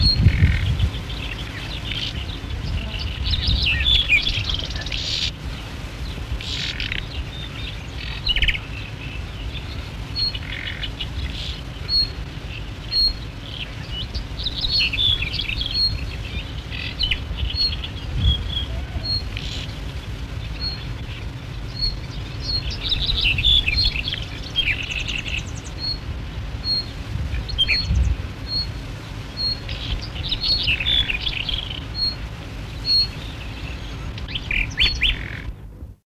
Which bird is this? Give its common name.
Common Nightingale